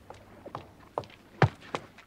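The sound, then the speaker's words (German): Quick footsteps of a person walking in fog near Battersea Bridge, about six brisk steps in a steady rhythm, each a sharp knock that grows louder as they approach, with no voices. “Glücklicherweise hörte ich Schritte näher kommen. Rasche Schritte.”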